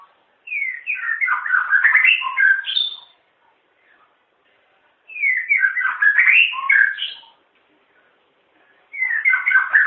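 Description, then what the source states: White-rumped shama song in dense warbled bursts of about three seconds, varied whistles and chatters, repeated with short silent gaps between phrases. Long chirping song.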